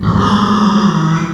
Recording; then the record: squeal of a Yucatan mini pig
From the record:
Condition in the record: after surgery on the right vocal fold (resection and tissue-engineered implant); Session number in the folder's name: 15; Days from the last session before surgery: 175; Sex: female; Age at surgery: 19 weeks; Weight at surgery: 25 kg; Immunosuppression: prednisolone